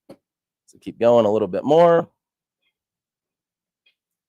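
Someone talks while a heat press handle is worked down toward its locked closed position over a bag, after the pressure adjustment has been turned up. Apart from the voice there are only two faint brief ticks near 0.1 s and 3.9 s. The handle has not locked closed yet and nothing has seated.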